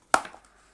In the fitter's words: just really does click